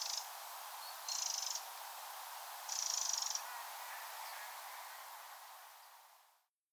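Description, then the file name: Eurasian wren calling with three brief dry rattles in the first few seconds, then only a soft hiss fading to silence. "Troglodytes troglodytes"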